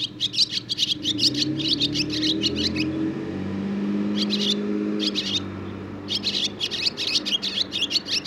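Barn swallow chattering in quick runs of high chirps, with a low engine-like drone underneath throughout.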